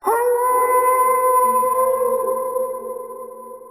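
Wolf howl: one long, steady, tonal note with rich harmonics, held for over three seconds and slowly fading at the end.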